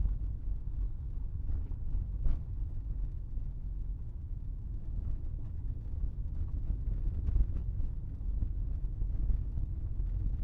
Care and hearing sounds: everyday scene through a hearing-aid microphone; in a vehicle; engine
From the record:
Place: Berlingo II, diesel engine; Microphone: behind the ear, right, front

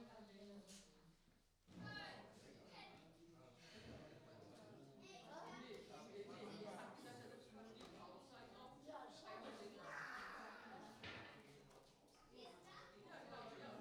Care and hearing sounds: everyday scene through a hearing-aid microphone; many people talking; many voices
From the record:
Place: parish hall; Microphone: in the ear canal, right

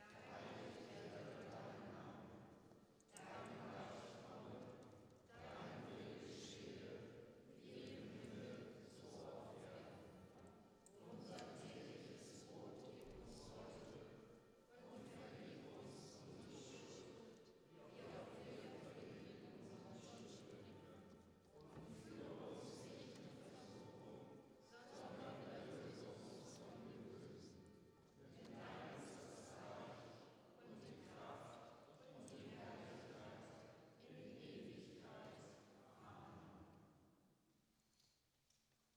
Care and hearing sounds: everyday scene through a hearing-aid microphone; reverberant space; speech, bell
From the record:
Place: church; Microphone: in the ear canal, right

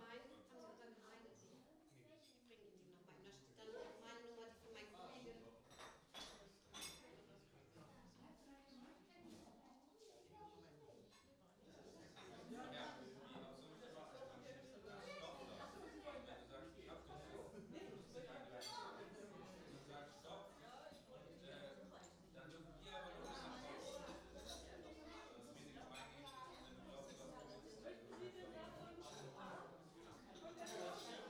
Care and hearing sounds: everyday scene through a hearing-aid microphone; many people talking; many voices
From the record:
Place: parish hall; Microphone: in the ear canal, right

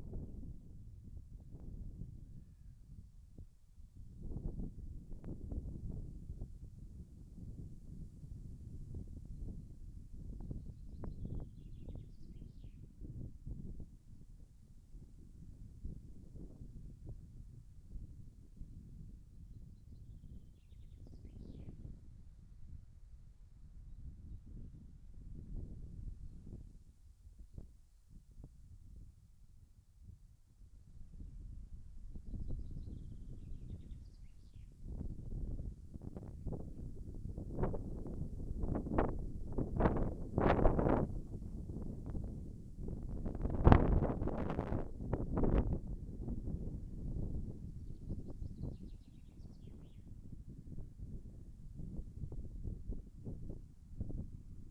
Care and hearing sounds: everyday scene through a hearing-aid microphone; wind on the microphone; wind, birds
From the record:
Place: in front of a rural house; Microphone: behind the ear, left, rear

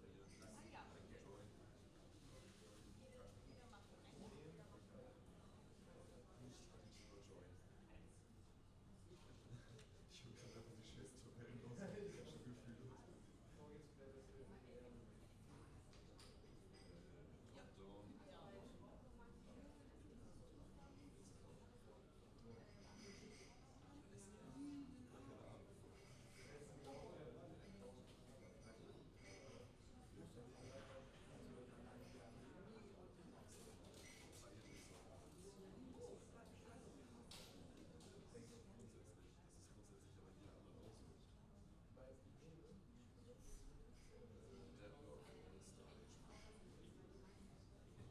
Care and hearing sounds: everyday scene through a hearing-aid microphone; many people talking; many voices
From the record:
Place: university cafeteria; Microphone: in the ear canal, left

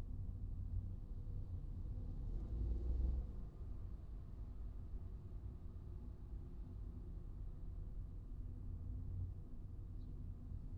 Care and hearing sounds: everyday scene through a hearing-aid microphone; in a vehicle; engine, traffic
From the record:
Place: Skoda Fabia, gasoline engine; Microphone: in the ear canal, right

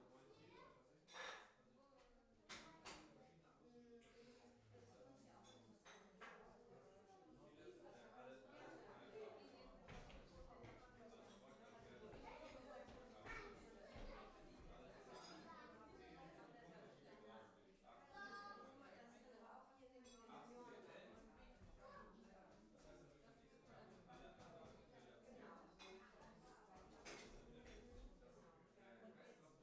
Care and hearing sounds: everyday scene through a hearing-aid microphone; many people talking; many voices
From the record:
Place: parish hall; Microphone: behind the ear, left, rear

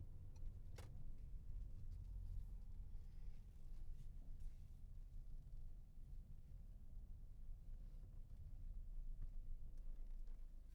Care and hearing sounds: everyday scene through a hearing-aid microphone; in a vehicle; engine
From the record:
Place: Berlingo II, diesel engine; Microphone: behind the ear, left, rear

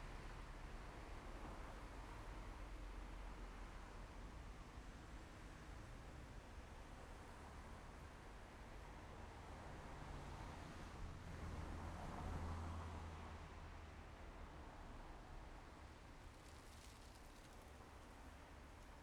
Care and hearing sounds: everyday scene through a hearing-aid microphone; in traffic; traffic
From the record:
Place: main road on the outskirts, rush hour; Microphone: behind the ear, left, rear

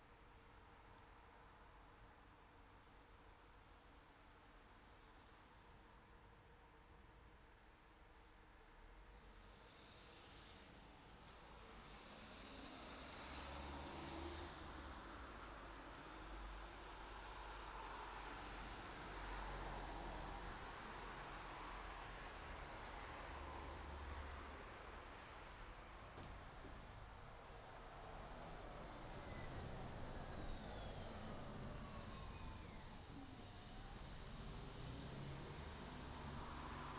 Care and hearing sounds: everyday scene through a hearing-aid microphone; in traffic; traffic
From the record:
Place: city secondary road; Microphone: in the ear canal, right

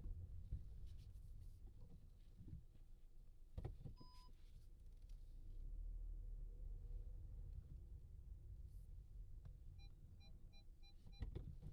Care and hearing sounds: everyday scene through a hearing-aid microphone; in a vehicle; engine, rumble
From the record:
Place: Skoda Fabia, gasoline engine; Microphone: in the ear canal, left

